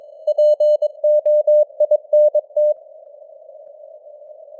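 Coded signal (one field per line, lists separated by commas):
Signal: Morse code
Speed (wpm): 22 wpm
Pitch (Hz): 600 Hz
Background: none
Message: POINT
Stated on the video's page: Computer-generated news headlines in Morse at 22 wpm with simulated radio noise and fading (QSB).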